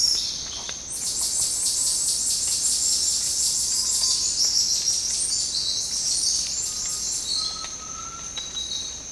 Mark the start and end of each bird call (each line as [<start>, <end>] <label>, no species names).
[0.00, 7.40] bird call